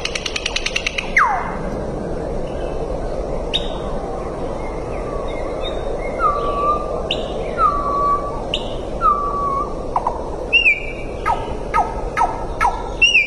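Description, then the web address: Common nightingale song opening with a fast dry clicking trill, then a series of pure descending whistles and quick sweeping notes, against a constant background hiss. "Sedaye Bolbol Hezar Dastan. صدای-بلبل-هزار-دستان"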